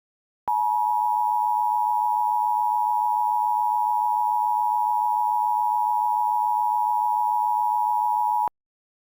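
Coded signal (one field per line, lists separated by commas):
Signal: Emergency Alert System (SAME) tones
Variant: 853 and 960 Hz attention tone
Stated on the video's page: Fictional EAS scenario, not a real alert.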